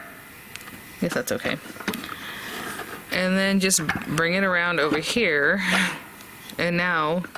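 A heart-shaped insert is handled and brought around toward the base of a We R Memory Keepers button press, with brief light knocks of handling around 0.6 s and 1.9–2.1 s while someone talks. Nothing has seated or clicked into place yet.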